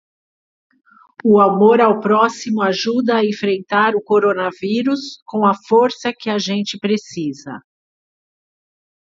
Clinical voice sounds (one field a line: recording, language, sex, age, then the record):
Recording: spoken sentence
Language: Brazilian Portuguese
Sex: female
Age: 50 to 59 years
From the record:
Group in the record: control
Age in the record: 57 years